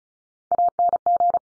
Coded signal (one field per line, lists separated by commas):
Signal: Morse code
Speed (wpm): 36 wpm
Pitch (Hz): 700 Hz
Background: none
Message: ANG